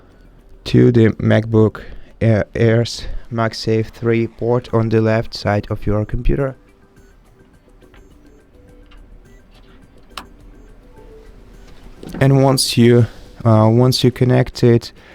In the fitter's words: uh the magnetic uh connector will snap into place